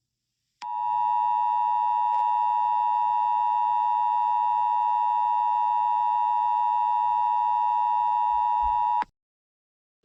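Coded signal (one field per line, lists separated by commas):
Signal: Emergency Alert System (SAME) tones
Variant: 853 and 960 Hz attention tone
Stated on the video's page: Simulated EAS alert scenario.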